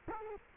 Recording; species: mosquito wingbeat signal from an infrared sensor; Culex quinquefasciatus